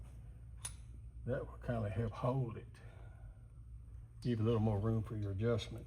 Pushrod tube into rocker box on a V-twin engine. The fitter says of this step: If you'll take it and push on that tube, you'll hear a pop up in there.